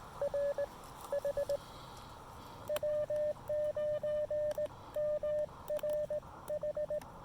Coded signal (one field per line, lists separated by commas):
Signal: Morse code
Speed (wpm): 18 wpm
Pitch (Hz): 590 Hz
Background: radio noise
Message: R H W9MRH